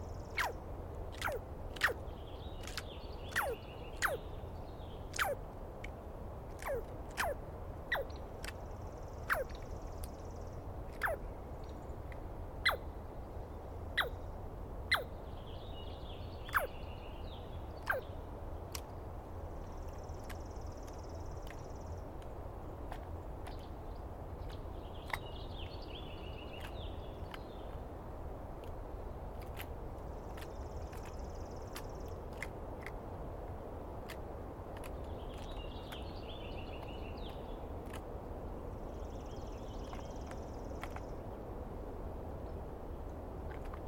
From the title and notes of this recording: I set up my microphones and recorder for a nice dawn recording in the East Cascades. I was started awake by a screaming Douglas Pine Squirrel.